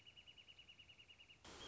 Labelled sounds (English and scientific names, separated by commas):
Wrentit (Chamaea fasciata)